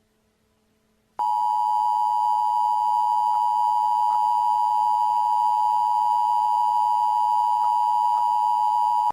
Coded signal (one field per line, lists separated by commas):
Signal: Emergency Alert System (SAME) tones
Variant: 853 and 960 Hz attention tone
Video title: Hospital Fire Outbreak (EAS Scenario)